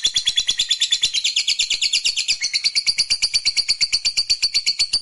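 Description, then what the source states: Lovebird delivering a fast, even trill of sharp, buzzy chirps; partway through it shifts to a cleaner, higher whistled pulse repeated at the same quick rate. Fighter-type lovebird giving a long ngekek trill.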